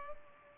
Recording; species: mosquito wingbeat signal from an infrared sensor; Culex pipiens